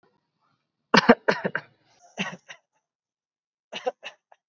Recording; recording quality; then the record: shallow voluntary cough; excellent, no background noise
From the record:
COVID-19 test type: RT-PCR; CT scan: not taken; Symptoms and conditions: none ticked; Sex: male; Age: 28 years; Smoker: no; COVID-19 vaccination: both doses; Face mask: worn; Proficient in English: yes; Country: India